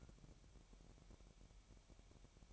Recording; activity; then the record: daily activity, microphone in the room; take from stove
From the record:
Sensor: 1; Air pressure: 1012.1 hPa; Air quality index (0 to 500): 227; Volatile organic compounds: 5 ppm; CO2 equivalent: 1811 ppm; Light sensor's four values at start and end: 66/155/66/70 and 66/155/66/70